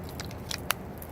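A Gerber Strongarm fixed-blade knife in Tactical Grey is pushed back into its locking sheath, producing a quick cluster of small clicks and scrapes. One sharp, strongest click at 0.7 s marks the knife locking into the sheath, and it is seated.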